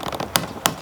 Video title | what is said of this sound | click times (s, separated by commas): Scag V Ride 2 Mower - Basic Operation | till it clicks here's our fuel shut off for whatever reason uh typically we just leave that on | 0.4 s, 0.7 s